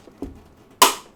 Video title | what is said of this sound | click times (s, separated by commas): First Look: Ranger 1600 FPV RC Airplane #NAFFR (Not a Freebie For Review) | did you read that click then very very positive click so | 0.8 s